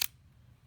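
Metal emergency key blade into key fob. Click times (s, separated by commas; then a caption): 0.0 s. A metal emergency key blade is pushed back into its slot in the plastic key fob of a Jeep Wagoneer remote. It latches with a single sharp click at 0.0 s, then only a faint low hum remains, and the blade is seated.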